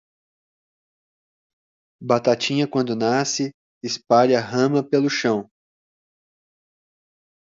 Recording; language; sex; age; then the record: short text; Brazilian Portuguese; male; 30 to 39 years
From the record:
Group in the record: control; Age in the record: 37 years